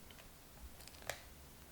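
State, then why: Seated. The polycarbonate frame of a Defender Pro rugged case is pressed onto the polycarbonate base holding a Google Pixel 6, which rests on the base's soft material. Over a quiet background, two short, sharp clicks sound at 0.9 s and 1.1 s, the second louder and brighter. The frame seats and clicks in place nicely, securing the phone to the base.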